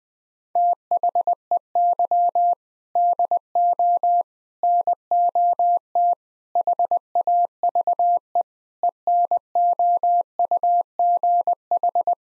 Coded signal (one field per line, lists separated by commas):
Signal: Morse code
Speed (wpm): 21 wpm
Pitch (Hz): 700 Hz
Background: none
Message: THEY DO NOT HAVE ENOUGH